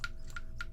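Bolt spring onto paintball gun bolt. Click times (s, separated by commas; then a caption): 0.0 s. A bolt spring is pushed onto the bolt of an Empire Axe 2.0 paintball gun the correct way until it snaps into place, with a sharp click at 0.0 s. Three more short ticks follow at about 0.3, 0.4 and 0.6 s, each ringing near 1.4 kHz. The spring is seated and the bolt is ready to go.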